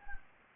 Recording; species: mosquito wingbeat signal from an infrared sensor; Anopheles gambiae